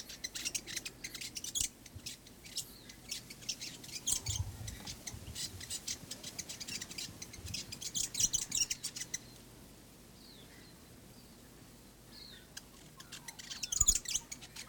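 New Zealand fantail chattering song of sharp, high squeaky notes in quick runs, with a long pause near the end before a final burst.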